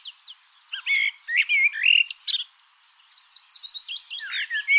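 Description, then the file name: Common blackbird song, rich whistled phrases in the first half, then a run of rapid, squeaky high notes. "Turdus merula"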